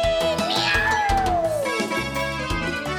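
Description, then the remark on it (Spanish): A long, drawn-out meow that rises then slowly falls in pitch, heard over loud, steady rhythmic music with a strong beat. “¡Miau!”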